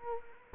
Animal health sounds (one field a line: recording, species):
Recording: mosquito wingbeat signal from an infrared sensor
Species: Culex quinquefasciatus